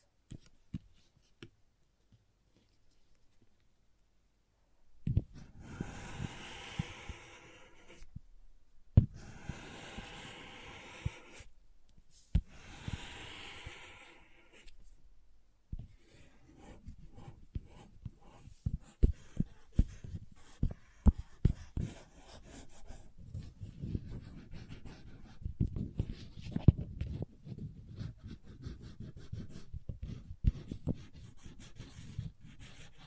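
Crayons tap and scrape in short bursts of bright scratching, then settle into continuous drawing and rubbing with frequent sharp taps throughout.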